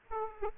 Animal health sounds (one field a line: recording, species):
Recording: mosquito wingbeat signal from an infrared sensor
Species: Aedes aegypti